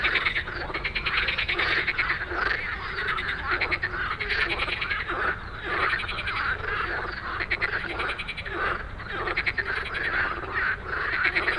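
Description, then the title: Frog chorus, many croakers calling at once in dense overlapping rattling pulses, the sound swelling and easing without pause. Many frogs giving an evening chorus after dark in Stromovka Park, Prague; 18 May 2022 from 22:08, recorded with a Sony PCM-D100. "Stromovka Park, Prague - Frog concert at Stromovka after dark"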